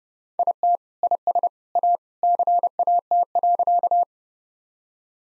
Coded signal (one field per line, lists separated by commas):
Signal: Morse code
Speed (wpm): 30 wpm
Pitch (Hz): 700 Hz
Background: none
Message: IT IS A CAT.